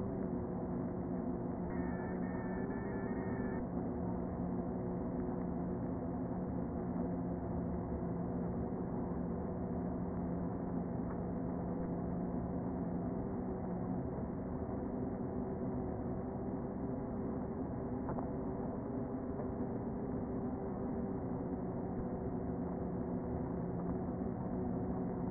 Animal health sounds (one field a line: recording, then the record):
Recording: honeybee colony, microphone inside the hive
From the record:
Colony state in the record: queen present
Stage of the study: before two queens were removed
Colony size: about 60,000 bees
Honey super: yes